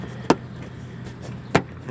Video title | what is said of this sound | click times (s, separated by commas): Pt cruiser headlight bulb replacement | just snaps back in make sure you take good care of that seal that goes around the door | 0.3 s, 1.6 s